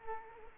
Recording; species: mosquito wingbeat signal from an infrared sensor; Culex quinquefasciatus